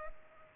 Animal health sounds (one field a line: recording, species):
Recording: mosquito wingbeat signal from an infrared sensor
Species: Culex pipiens